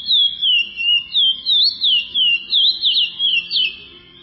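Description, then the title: Chestnut-bellied seed finch song, clear whistled slurs rolling downward and upward in quick succession, speeding into a tighter jumble near the end before fading. "Canto De Curio"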